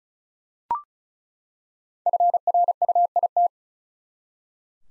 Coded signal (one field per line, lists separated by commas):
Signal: Morse code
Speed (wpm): 36 wpm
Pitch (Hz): 700 Hz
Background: none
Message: FRUIT